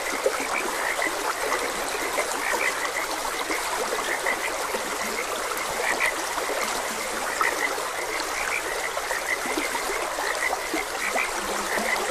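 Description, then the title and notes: Frog chorus with clustered short croaks, a low croak near the end, and steady water flow throughout. Frogs croaking beside a gentle stream. "Frogs Croaking. Sleep and Relaxation Podcast"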